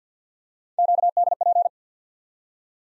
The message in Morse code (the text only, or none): QDP